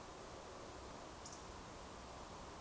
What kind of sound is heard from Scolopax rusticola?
whistle